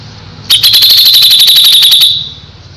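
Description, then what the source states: Grey-cheeked bulbul giving a fast series of many sharp, piercing high notes over about a second and a half. Masteran recording used to train cage birds.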